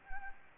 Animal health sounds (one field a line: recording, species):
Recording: mosquito wingbeat signal from an infrared sensor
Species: Anopheles arabiensis